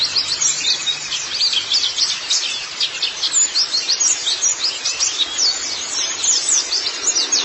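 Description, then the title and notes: White-eye singing a rapid, unbroken stream of sharp high chirps and twitters, busy and energetic throughout. "Kicauan Burung Pleci Durasi Panjang. Suara kicauan burung pleci"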